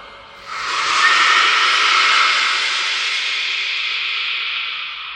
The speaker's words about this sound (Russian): Смотри, я включаю машину.